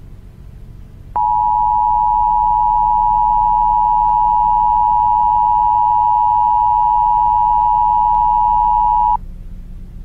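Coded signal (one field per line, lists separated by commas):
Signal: Emergency Alert System (SAME) tones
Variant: 853 and 960 Hz attention tone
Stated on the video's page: Scenario tornado warning alert, possibly not an actual EAS.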